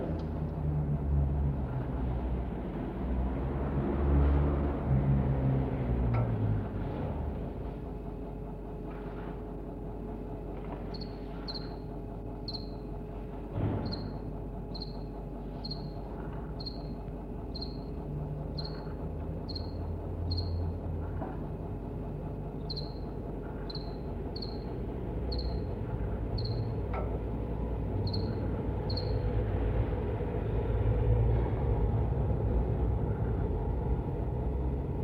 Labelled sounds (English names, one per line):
House Cricket